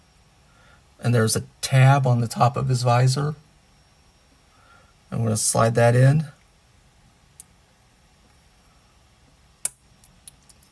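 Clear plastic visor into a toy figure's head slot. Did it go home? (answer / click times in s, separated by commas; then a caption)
yes / 9.6 s. Someone talks, then slides the tab on top of a clear plastic visor into a slot in a building-block figure's head. The tab seats with a sharp click at 9.6 seconds, followed by a few faint ticks as the visor settles in place.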